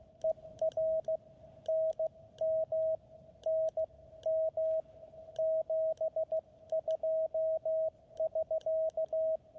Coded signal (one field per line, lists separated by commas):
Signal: Morse code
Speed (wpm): 15 wpm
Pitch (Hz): 640 Hz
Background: radio noise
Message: ER NM NM 72 <SK>